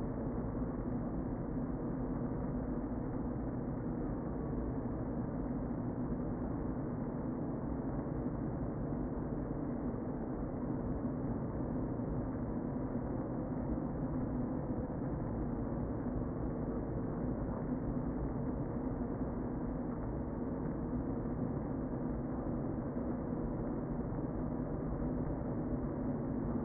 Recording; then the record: honeybee colony, microphone inside the hive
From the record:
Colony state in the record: queen present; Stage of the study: before two queens were removed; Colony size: about 60,000 bees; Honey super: yes